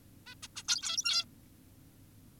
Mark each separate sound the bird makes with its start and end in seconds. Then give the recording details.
0.27-0.35, 0.43-0.47, 0.56-0.63, 0.68-1.25. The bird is an adult. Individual g17y2U